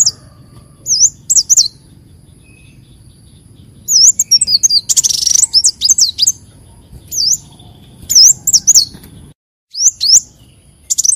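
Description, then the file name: Leafbird song: scattered high whistled notes and brief twittering phrases with a short harsh burst, separated by quiet gaps. "Tieng chim xanh tim"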